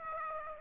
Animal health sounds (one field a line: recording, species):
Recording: mosquito wingbeat signal from an infrared sensor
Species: Aedes aegypti